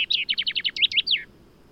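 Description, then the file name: Common chaffinch song ending: a quick run of high notes followed by a few louder descending slurs and a final downward flourish, then near silence. "Fringilla coelebs"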